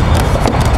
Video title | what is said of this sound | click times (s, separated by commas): Why You Shouldn't Fly Your Super B-25 Until You See This! | solid snap as you can hear | 0.5 s